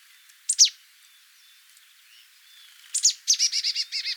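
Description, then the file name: Marsh tit calling: two sharp high notes, a pause, then more sharp notes followed by a fast run of several nasal, buzzy notes. "Poecile palustris"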